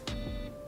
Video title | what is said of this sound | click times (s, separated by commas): Iris Power Baby! - Three great U.A.E clones | slightly it's a light click | 0.1 s